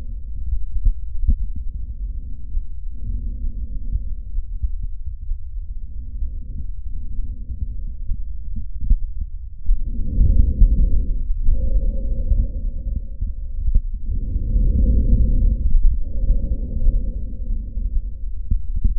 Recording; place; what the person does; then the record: lung sounds by stethoscope; trachea; quiet breathing, then deep breathing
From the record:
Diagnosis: interstitial lung disease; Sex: male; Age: 66 years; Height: 172 cm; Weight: 107.6 kg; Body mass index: 36.4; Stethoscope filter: bell mode